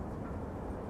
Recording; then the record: background sound without coughing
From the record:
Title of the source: Train Ride Ambience ambient white noise for sleeping, focus, studying, reading